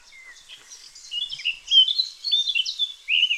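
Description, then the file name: Eurasian blackcap song: a fast, varied warble of short sweeping and whistled notes, rising in loudness and ending on a clear phrase. "Sylvia atricapilla"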